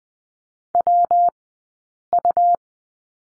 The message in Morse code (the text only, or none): WU